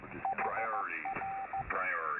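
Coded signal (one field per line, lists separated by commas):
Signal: Morse code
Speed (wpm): 14 wpm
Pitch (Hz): 780 Hz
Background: speech, radio noise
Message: HR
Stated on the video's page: Live on 7200.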